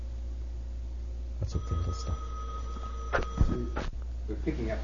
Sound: break in tape for telephone ringing

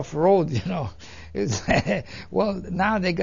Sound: laughs

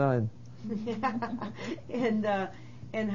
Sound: they laugh

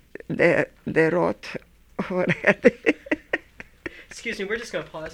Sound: laughs

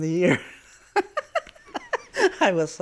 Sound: she laughs

